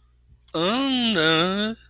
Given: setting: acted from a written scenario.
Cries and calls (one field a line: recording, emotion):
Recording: vocal sound without words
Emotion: shame